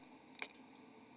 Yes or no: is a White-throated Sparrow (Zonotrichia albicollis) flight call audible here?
no